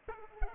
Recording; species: mosquito wingbeat signal from an infrared sensor; Culex pipiens